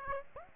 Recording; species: mosquito wingbeat signal from an infrared sensor; Aedes aegypti